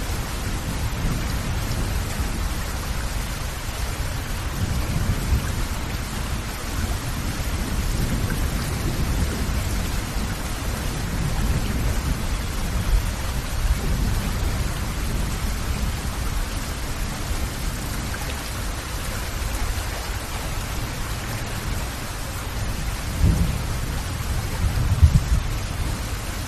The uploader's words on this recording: Heavy Rain Sleep Sounds.